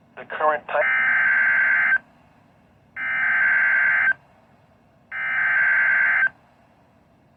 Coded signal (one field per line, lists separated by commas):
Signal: Emergency Alert System (SAME) tones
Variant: header bursts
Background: speech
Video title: 2 SVRS - EAS Alerts from 7/16/24 #85-86